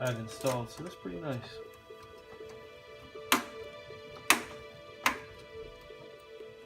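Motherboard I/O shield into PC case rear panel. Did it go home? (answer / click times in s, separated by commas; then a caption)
yes / 3.3 s, 4.3 s, 5.1 s. Someone talks at the start over a steady tonal background while a padded metal Gigabyte motherboard I/O shield (faceplate) is pressed into the rear opening of a PC case. Sharp clicks ring out at 3.3, 4.3 and 5.1 seconds as the shield snaps and seats into place.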